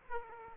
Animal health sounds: mosquito wingbeat signal from an infrared sensor; Aedes aegypti

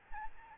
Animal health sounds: mosquito wingbeat signal from an infrared sensor; Aedes albopictus

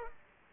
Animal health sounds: mosquito wingbeat signal from an infrared sensor; Aedes aegypti

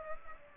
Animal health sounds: mosquito wingbeat signal from an infrared sensor; Aedes aegypti

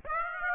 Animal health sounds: mosquito wingbeat signal from an infrared sensor; Aedes aegypti

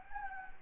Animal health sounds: mosquito wingbeat signal from an infrared sensor; Anopheles gambiae

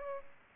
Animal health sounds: mosquito wingbeat signal from an infrared sensor; Culex pipiens

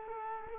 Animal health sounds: mosquito wingbeat signal from an infrared sensor; Culex quinquefasciatus

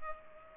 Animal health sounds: mosquito wingbeat signal from an infrared sensor; Culex pipiens

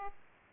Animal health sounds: mosquito wingbeat signal from an infrared sensor; Aedes aegypti

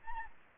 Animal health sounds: mosquito wingbeat signal from an infrared sensor; Aedes albopictus

